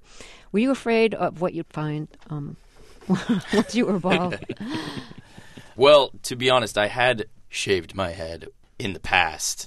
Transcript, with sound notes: Were you afraid of what you would find once you were bald?
(SOUNDBITE OF LAUGHTER)
Well, to be honest, I had shaved my head in the past.